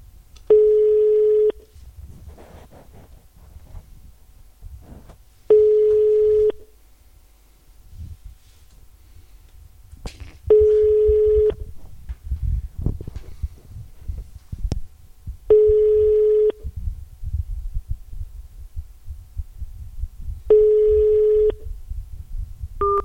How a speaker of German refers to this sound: Wenn die Nummer noch stimmt. Klingelt die Nummer.